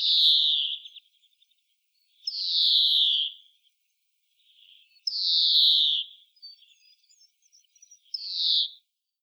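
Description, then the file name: European greenfinch wheeze: long, nasal, buzzy drawn-out notes, repeated about every three seconds, with faint soft twitters between them. "Chloris chloris"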